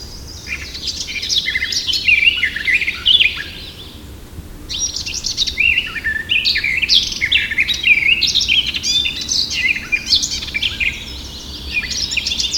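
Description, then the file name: Eurasian blackcap song, two long bouts of hurried warbling with sweet whistled notes, separated by a short pause. "Sylvia atricapilla"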